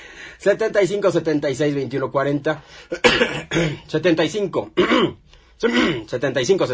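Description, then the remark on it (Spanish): A man talks steadily on a radio broadcast, and a rough throat clearing and a short cough from a lingering flu break into his speech, blending with his raspy, hoarse voice. “Ando con esa garraspera.”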